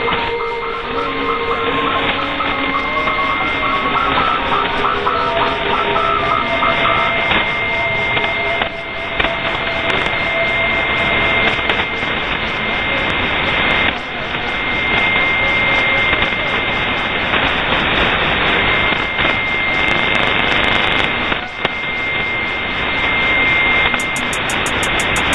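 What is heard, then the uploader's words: Shortwave radio static fills the whole clip as a dense, steady hiss cut off above the midrange. In the first ten seconds, wavering tones and faint murmuring voices drift through, and a thin steady whistle persists. Brief dips and crackles break up the noise throughout. Lost voices in night static. A short relay of the strange, haunting and ghost-like night life of shortwave radio.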